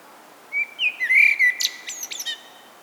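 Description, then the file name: Common blackbird song, a rich fluty warble sliding up and down, closing with a burst of thin, high, scratchy twitters. "Turdus merula"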